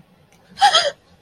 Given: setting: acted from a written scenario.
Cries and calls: vocal sound without words; fear

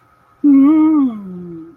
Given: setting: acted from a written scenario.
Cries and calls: vocal sound without words; romantic love

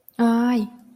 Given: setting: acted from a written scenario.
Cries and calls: vocal sound without words; fear

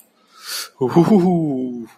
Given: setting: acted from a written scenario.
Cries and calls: vocal sound without words; ecstasy

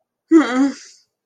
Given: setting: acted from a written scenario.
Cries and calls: vocal sound without words; embarrassment

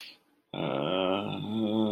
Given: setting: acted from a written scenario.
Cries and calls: vocal sound without words; shame

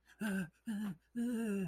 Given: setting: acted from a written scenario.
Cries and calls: vocal sound without words; fear

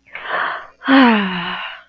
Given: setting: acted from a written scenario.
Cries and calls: vocal sound without words; serenity

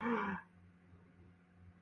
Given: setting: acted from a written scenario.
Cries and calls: vocal sound without words; negative surprise

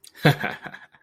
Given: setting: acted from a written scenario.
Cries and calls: vocal sound without words; pride

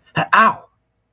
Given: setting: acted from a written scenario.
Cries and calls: vocal sound without words; pain

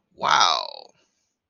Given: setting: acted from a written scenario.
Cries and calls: vocal sound without words; positive surprise

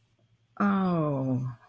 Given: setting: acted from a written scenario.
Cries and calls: vocal sound without words; confusion

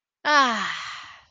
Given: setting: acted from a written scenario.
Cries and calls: vocal sound without words; relief

